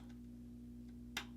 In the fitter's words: Oh, it did make a click. I just had to push it down a little bit more.